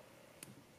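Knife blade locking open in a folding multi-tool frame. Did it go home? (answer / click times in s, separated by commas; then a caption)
yes / 0.4 s. The small pen knife blade of a Gerber Curve mini multi-tool is opened until its spring-loaded metal lock engages in the folding frame. A single faint, sharp click is heard at 0.4 s against a quiet background. The lock seats and holds the blade open with no blade play.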